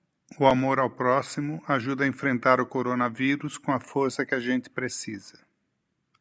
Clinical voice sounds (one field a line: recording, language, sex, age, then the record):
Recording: spoken sentence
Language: Brazilian Portuguese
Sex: male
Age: 60 to 69 years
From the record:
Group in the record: control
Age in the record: 62 years